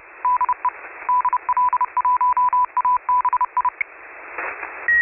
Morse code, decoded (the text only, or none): DE DL1ABI